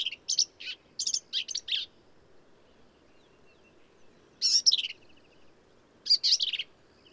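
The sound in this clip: Black-capped vireo song: a quick burst of several choppy high phrases, a pause, then two more buzzy, chattering phrases spaced over a second apart.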